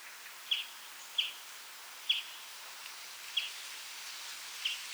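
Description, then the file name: European greenfinch calling with brief, crisp high notes, five spaced across five seconds at uneven intervals, over background noise. "Chloris chloris"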